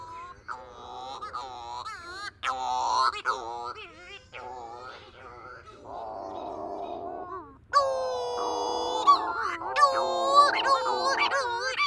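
Cape Verde shearwater cries: wavering, nasal, harmonic wails in bursts, a quieter stretch, then louder calling.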